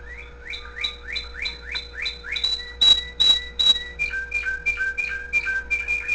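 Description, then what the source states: Canary singing a fast series of rising whistled notes, then loud sharp clicks and clear held tones, ending in repeated two-note whistles; steady hum underneath. Pet canary with background music.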